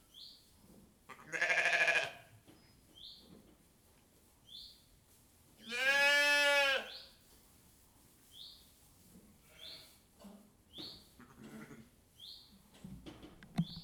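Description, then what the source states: Sheep bleating: two loud, harmonic bleats several seconds apart, with short high chirps at intervals throughout. Sheep in a sheepfold with straw.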